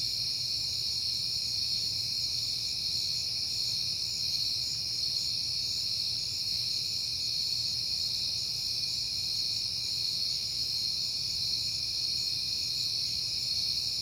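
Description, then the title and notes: A constant high-pitched cricket chorus sounds on evenly for the whole stretch, with a gentle low-frequency hum in the background. Crickets at night in September on a peaceful night; crickets heard often lately. "Night Time: Crickets and Passing Cars. It is September and I have been hearing the crickets a lot, but finally had a peaceful night to make the recording"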